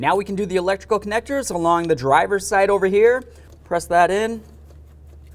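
During an EGR valve replacement on a 2009–2020 Dodge Journey, an engine wiring harness electrical connector on the driver's side of the intake is being handled and pressed in by hand. Someone talks throughout, with only faint low background hum between the words. Nothing has seated or clicked yet by the end of the clip.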